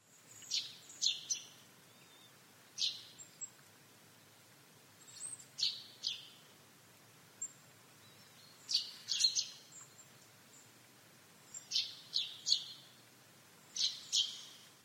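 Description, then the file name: Common chaffinch calls: very high, short sharp notes given singly or in quick pairs at irregular intervals, over a quiet background. "Fringilla coelebs"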